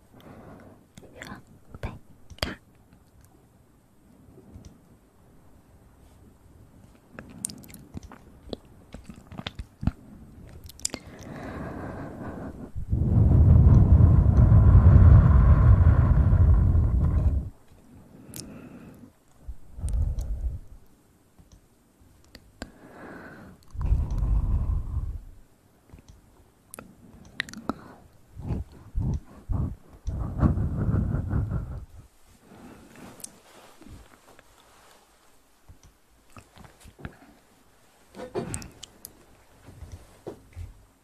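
Ear massage sounds: irregular soft rubbing and sharp clicks, with a loud, low muffled rub swelling around 13–17 seconds and again near 30.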